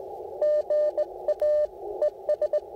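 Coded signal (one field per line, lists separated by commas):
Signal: Morse code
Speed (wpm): 18 wpm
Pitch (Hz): 590 Hz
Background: radio noise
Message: GA ES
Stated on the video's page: Real-time, unedited CW Parks On The Air activation calling CQ and working stations, using an Icom IC-705 with an Elecraft T1 tuner and a CHA Emcomm III Portable antenna.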